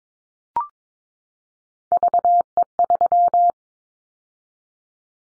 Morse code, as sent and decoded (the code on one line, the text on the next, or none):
...- . ...--
VE3